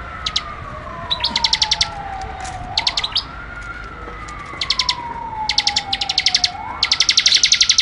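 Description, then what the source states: Bar-winged prinia rapid song, many short runs of fast high chattering notes, building into a longer trill at the end, with a wailing siren throughout. Ngebren style: rapid song of the ciblek.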